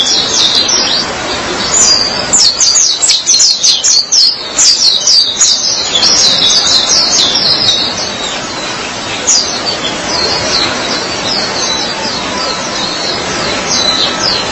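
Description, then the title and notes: White-eye song: rapid high chattering notes in fast runs, loudest early, then thinner scattered chirps later over a steady low hiss. "Suara kicauan burung pleci"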